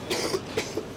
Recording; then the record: coughing mixed with background sound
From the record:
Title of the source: 61 morning phlegmy cough...again